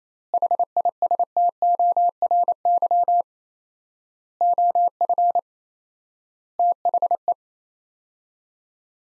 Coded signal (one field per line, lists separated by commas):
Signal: Morse code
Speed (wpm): 28 wpm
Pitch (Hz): 700 Hz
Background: none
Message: HISTORY OF THE